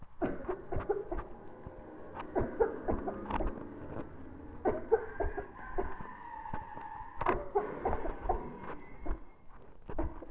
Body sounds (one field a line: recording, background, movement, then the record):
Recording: voluntary coughing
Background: traffic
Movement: walking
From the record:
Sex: female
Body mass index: 18.8 kg/m2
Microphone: on the chest, facing the body